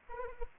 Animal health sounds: mosquito wingbeat signal from an infrared sensor; Anopheles arabiensis

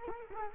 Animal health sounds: mosquito wingbeat signal from an infrared sensor; Culex quinquefasciatus

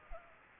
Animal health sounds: mosquito wingbeat signal from an infrared sensor; Culex pipiens

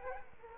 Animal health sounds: mosquito wingbeat signal from an infrared sensor; Culex quinquefasciatus

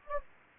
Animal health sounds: mosquito wingbeat signal from an infrared sensor; Anopheles gambiae

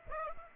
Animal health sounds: mosquito wingbeat signal from an infrared sensor; Aedes aegypti

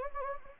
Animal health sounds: mosquito wingbeat signal from an infrared sensor; Anopheles gambiae

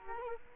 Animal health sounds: mosquito wingbeat signal from an infrared sensor; Culex quinquefasciatus

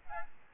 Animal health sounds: mosquito wingbeat signal from an infrared sensor; Aedes albopictus

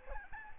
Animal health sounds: mosquito wingbeat signal from an infrared sensor; Aedes albopictus

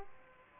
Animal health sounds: mosquito wingbeat signal from an infrared sensor; Aedes aegypti

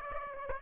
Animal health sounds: mosquito wingbeat signal from an infrared sensor; Aedes aegypti

